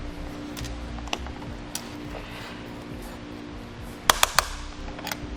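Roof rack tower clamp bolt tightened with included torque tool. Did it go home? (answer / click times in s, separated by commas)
yes / 4.1 s, 4.2 s, 4.4 s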